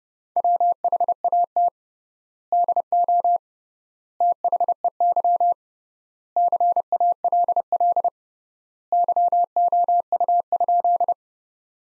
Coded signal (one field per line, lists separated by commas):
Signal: Morse code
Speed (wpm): 32 wpm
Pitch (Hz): 700 Hz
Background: none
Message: WHAT DO THEY CALL YOU?